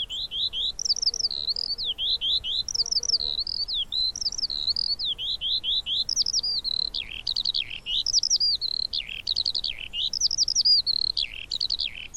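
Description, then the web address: Eurasian skylark song, an unbroken stream of high twittering notes, first liquid and repeated, then sharper, more rapid chirps and trills. "Deverinetal"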